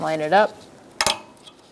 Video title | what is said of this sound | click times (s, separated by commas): How to Replace Engine Cooling Fan Assembly 2012-2017 Hyundai Accent | Make sure you hear that click, and make sure it's connected. | 1.0 s